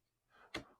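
On a Milwaukee M18 FUEL plunge track saw, the bevel is tilted back down past the 45-degree range and the bevel stop latch clicks back into place at 0.5 s, returning the saw to 0. A soft rising rustle of movement from about 0.3 s leads into the sharp click, followed by a brief fading tail.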